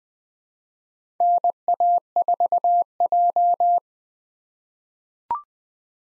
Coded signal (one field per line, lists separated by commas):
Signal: Morse code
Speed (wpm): 20 wpm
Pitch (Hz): 700 Hz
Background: none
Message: NA4J